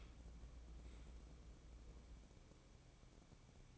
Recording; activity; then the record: daily activity, microphone in the room; open dishwasher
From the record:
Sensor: 1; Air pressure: 1012.4 hPa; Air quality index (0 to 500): 167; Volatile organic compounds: 3 ppm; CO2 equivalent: 1368 ppm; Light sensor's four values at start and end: 527/1151/529/579 and 521/1138/523/572